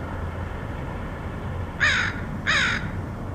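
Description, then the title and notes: Crow giving two harsh, nasal caws about two-thirds of a second apart, with a low rumbling background. Recorded in Portland, Oregon, in August 2003. "Crows of Portland. Crows recorded by Dan Bodah in Portland, OR, August 2003"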